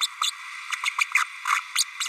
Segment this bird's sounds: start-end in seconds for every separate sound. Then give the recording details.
0.00-0.07, 0.23-0.31, 0.85-0.89, 0.98-1.04, 1.14-1.24, 1.47-1.59, 1.75-1.84. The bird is a female. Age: 32 days. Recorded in a nest box in Venezuela. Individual 17B32A7